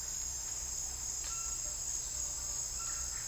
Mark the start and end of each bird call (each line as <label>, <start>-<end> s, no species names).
bird call, 1.21-3.28 s